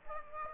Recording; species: mosquito wingbeat signal from an infrared sensor; Aedes aegypti